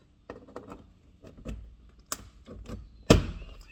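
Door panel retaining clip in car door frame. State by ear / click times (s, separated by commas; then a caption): released / 0.3 s, 2.1 s, 3.1 s. A thin trim removal tool is slid around the edge of an Audi S5 B9.5 front door panel, prying its plastic retaining clips out of the metal door frame. Sharp pops of the clips releasing come at 0.3, 2.1 and 3.1 seconds, the last being the loudest, with softer knocks and scraping in between. The clips are released, with no damage.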